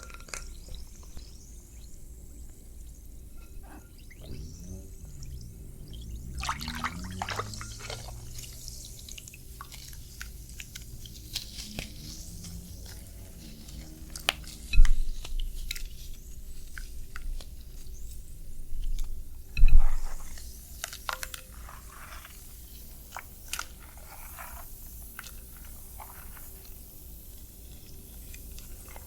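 Wet ASMR triggers: soft squishy, crunchy clicks and sprays come and go irregularly, with sharper wet bursts near fifteen and twenty seconds.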